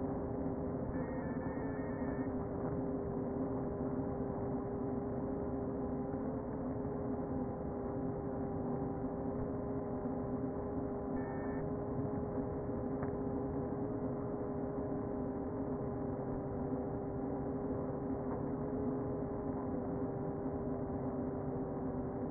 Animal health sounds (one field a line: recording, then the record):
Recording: honeybee colony, microphone inside the hive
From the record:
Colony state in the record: queen present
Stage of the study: before two queens were removed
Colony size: about 60,000 bees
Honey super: yes